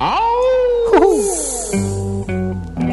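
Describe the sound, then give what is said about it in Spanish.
A long, wavering wolf howl slides high then sinks lower, overlapped by a brief yelp-like warble, before steady, sustained musical notes take over as the song starts. “Y que empieza con un lobo cantando.”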